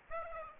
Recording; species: mosquito wingbeat signal from an infrared sensor; Aedes aegypti